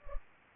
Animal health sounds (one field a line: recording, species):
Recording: mosquito wingbeat signal from an infrared sensor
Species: Culex pipiens